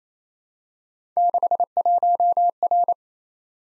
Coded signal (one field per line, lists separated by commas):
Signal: Morse code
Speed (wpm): 29 wpm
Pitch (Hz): 700 Hz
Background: none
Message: 61R